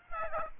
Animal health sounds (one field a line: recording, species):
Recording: mosquito wingbeat signal from an infrared sensor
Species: Aedes aegypti